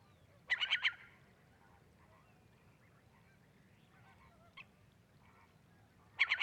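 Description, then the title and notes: Eurasian curlew giving two loud bursts of rapid, harsh pulsed notes, one near the start and one at the end, with faint calls in between. Recorded 23 March 2019 at night on a sea dike, La Gacholle, early spring; just landed near microphones, intrigued by windshield fur and calling about it; cardioid microphones. "Digue à la mer - La Gacholle. Un Courlis cendré"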